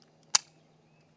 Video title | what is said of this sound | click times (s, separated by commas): This Is GROSS!...But I Kinda Like It. NEW Keltec PR57 Range Review! | And there it clicked in. | 0.4 s